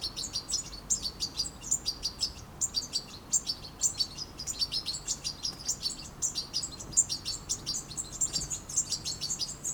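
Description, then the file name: European goldfinch twittering calls, bright and high, in closely spaced chirps with brief pauses, continuing throughout over faint low rumble. "Carduelis carduelis"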